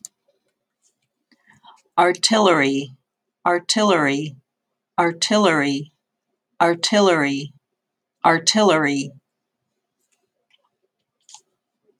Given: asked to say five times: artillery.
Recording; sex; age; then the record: repeated word; female; 50 to 59 years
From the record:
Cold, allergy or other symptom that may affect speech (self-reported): no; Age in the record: 54 years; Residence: Pennsylvania, United States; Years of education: 16